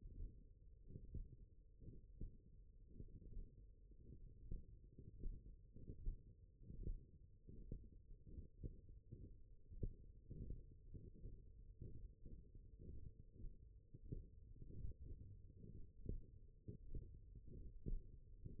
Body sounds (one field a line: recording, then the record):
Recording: forearm muscle sounds (acoustic myography)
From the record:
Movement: hook grip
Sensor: system 1, eight BSWA MPA416 microphones around the upper forearm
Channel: 7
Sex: male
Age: 21 years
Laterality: right